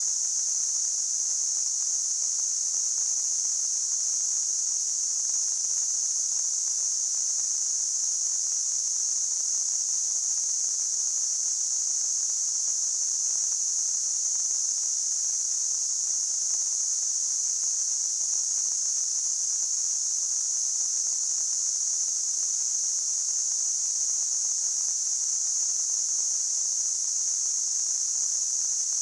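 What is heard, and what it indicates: A steady, very high-pitched hissing tone, a narrow band of noise centered near 6–7 kHz, holds at one unchanging level for the whole 29 seconds, with no breaks or other sounds. It is a simulated tinnitus sound, imitating the constant ringing or hissing heard in the ears.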